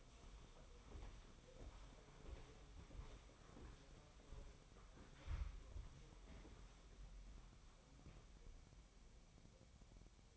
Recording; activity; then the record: daily activity, microphone in the room; walk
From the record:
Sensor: 1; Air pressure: 1015.3 hPa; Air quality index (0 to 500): 132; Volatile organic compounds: 5 ppm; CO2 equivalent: 1821 ppm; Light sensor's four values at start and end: 12/28/11/13 and 12/30/12/13